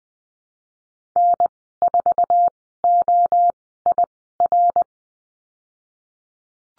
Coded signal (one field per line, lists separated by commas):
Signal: Morse code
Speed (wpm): 20 wpm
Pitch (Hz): 700 Hz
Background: none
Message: N4OIR